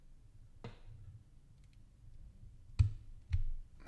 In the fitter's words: And it should be a super satisfying click.